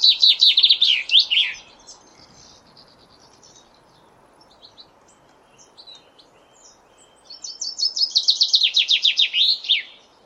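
Common chaffinch singing a cascading series of quick, high notes that drop in pitch and finish with a flourish, the phrase repeated after a gap of about six seconds.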